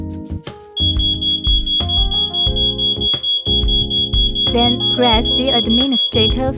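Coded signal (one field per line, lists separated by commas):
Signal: none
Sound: fingerprint lock's enrollment beeps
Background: speech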